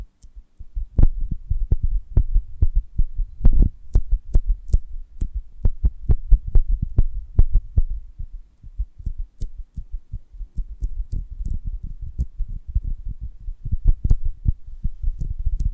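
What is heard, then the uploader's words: ASMR sounds of a honeycomb on a branch: a dense, irregular run of soft taps and crackles with deep, muffled thumps underneath. The clicks come rapidly and unevenly throughout, with a few sharper, louder knocks near the four-second mark and again around fourteen seconds. ASMR of a Honeycomb on Branch (No Talking).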